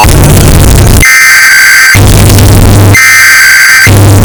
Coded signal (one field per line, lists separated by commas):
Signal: Emergency Alert System (SAME) tones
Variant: header bursts